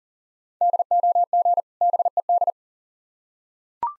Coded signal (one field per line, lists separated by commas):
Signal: Morse code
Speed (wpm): 39 wpm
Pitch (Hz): 700 Hz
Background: none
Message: DOG BED